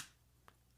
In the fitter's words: then when reinstalling you put it in like so till it clicks